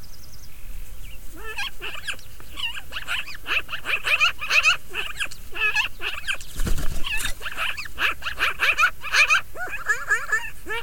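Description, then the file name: Black-billed magpie calls: a busy, near-continuous series of harsh, nasal notes mixed with short rising squeals, over a low steady rumble of background noise. Recorded in Yellowstone. "Yellowstone sound library - Pica hudsonia"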